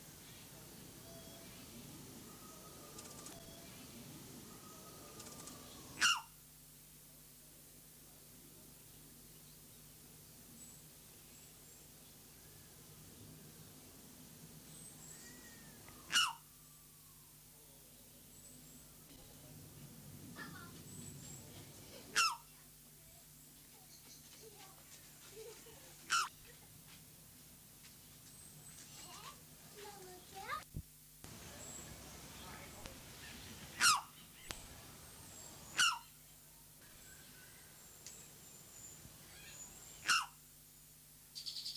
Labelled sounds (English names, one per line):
Trumpet Manucode call